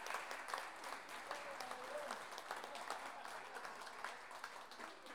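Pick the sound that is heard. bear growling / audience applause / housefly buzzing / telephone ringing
audience applause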